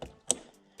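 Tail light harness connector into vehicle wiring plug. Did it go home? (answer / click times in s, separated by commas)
yes / 0.3 s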